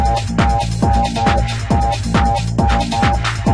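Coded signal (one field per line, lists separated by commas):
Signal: none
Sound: techno music synth beeps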